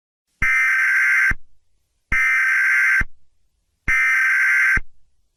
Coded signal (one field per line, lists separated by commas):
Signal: Emergency Alert System (SAME) tones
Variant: header bursts